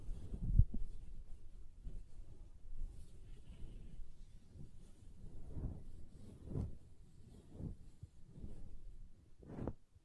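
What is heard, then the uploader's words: Soft pom pom tingles: quiet, muffled brushing swishes and dull thumps recur roughly once a second, with a sharper tap near the start. ASMR Ultimate Pom Pom Tingles (No Talking).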